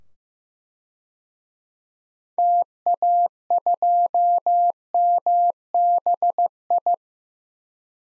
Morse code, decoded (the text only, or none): TA2MBI